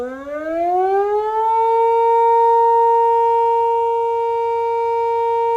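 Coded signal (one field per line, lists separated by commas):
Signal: siren signal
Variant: motor siren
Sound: motor siren winding up from a low growl to a steady loud wail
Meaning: A siren sounded at 6 a.m. marks the time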